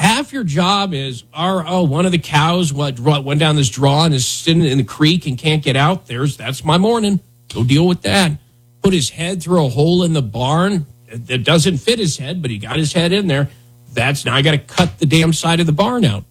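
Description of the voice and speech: One adult man talks fluently and casually about a cow stuck in a creek and a head caught in a barn wall; ordinary clear speech with brief pauses.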